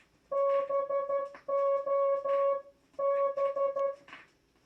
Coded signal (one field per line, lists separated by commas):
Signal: Morse code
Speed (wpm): 12 wpm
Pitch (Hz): 560 Hz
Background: music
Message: BOB